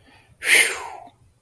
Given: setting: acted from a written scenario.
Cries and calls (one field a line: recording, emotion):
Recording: vocal sound without words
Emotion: relief